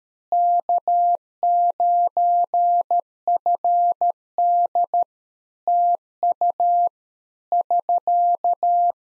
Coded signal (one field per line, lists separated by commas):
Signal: Morse code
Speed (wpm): 13 wpm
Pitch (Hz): 700 Hz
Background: none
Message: K9FD TU <SK>